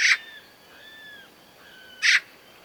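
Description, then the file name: Eurasian magpie giving two rasping chak notes about two seconds apart, with faint thin whistled tones from other birds in between. "Pica pica"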